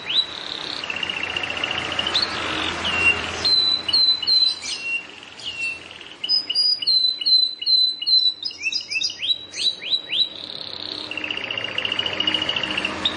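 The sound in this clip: Plain prinia song over steady hiss: buzzy bursts and scattered high chirps, a quick run of rising upsweeps, then a buzzy trill.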